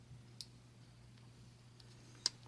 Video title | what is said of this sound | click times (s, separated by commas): Engine Wiring Harness 2/3: Building the Rough Harness - V8 TJ Part 4 | they're both snapped into place | 0.4 s, 2.3 s